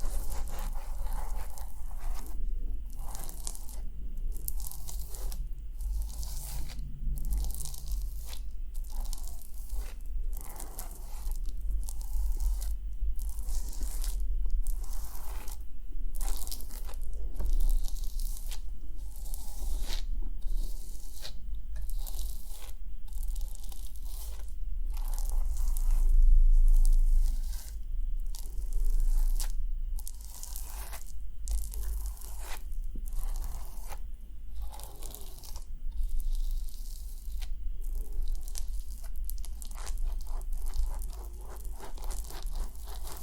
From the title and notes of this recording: ASMR Relaxing Scalp Massage + Hair Care Treatment head massage, scalp scratching + hair brushing.